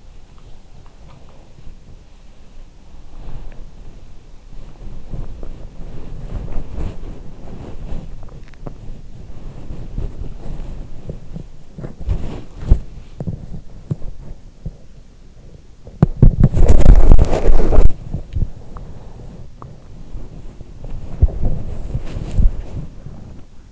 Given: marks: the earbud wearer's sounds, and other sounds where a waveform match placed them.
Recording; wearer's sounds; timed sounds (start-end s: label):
sounds in sleep by an in-ear microphone; body movement, swallowing, teeth grinding
0.00-8.04 s: body movement
8.20-9.03 s: swallowing
9.00-23.72 s: body movement
18.64-18.88 s: teeth grinding
19.53-19.71 s: teeth grinding